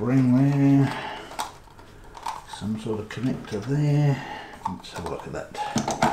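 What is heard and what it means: A small plastic push-to-connect hose connector is handled at the fitting of a Joolca Hot Tap Nomad V2 portable hot water unit while someone talks, with a few short plastic knocks and taps near the end. The connector has not yet clicked on or seated.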